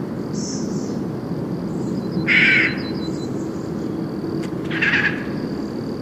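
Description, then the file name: Eurasian jay with two loud, hoarse screeches about two and a half seconds apart against a constant low background rumble. "Garrulus glandarius"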